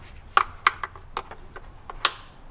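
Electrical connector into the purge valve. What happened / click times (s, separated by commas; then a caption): The plastic connector clicked home / 2.1 s. A plastic electrical connector is pushed back onto the purge valve (tank ventilation valve) of an N52-engined E70 BMW X5 after a failed first try. A series of sharp clicks and taps is heard, ending in a loud click at 2.1 s as the connector seats. The connection is confirmed.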